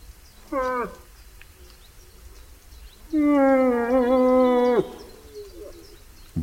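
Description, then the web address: Moose call: a short, downward-sliding nasal call, then a long, wavering, drawn-out moan of nearly two seconds ending with a drop. "Tajemnice puszczy Łoś"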